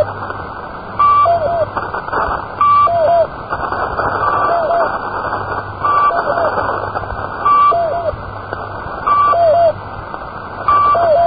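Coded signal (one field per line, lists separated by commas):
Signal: channel marker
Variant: S32 Squeaky Wheel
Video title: S32 "The Squeaky Wheel" Numbers Station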